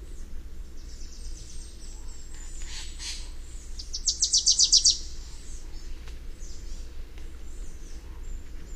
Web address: Songs of Birds of North America Know Your Bird Sounds Common Western Species. Wilsons Warbler